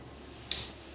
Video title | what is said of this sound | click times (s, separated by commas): UNBOXING AND MALAYALAM REVIEW OF DJI OSMO POCKET 2-- BEST CAMERA FOR A FRESH YOUTUBER | lock ആയിട്ടുണ്ട്. | 0.5 s